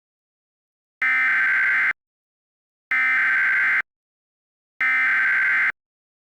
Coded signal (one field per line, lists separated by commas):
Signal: Emergency Alert System (SAME) tones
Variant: header bursts